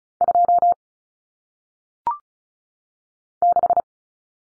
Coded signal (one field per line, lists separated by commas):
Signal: Morse code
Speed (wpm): 36 wpm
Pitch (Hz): 700 Hz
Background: none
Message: 2 6